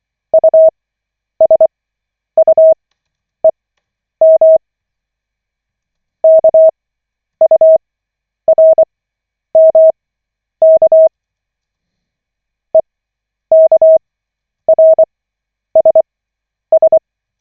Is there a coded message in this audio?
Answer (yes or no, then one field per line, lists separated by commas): yes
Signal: Morse code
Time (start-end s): 0.3-17.0 s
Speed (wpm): 24 wpm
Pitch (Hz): 640 Hz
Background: none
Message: USUEM KURMK EKRSS